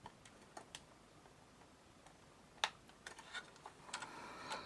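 Someone carefully pushes the thin-plastic landing gear of a toy jet back into its wheel bay, where a small click catch holds it. Several small handling ticks come before the loudest, sharp click at 2.6 s as the gear seats in its retracted position.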